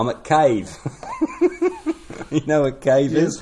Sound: chuckle